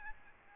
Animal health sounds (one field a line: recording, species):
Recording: mosquito wingbeat signal from an infrared sensor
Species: Aedes albopictus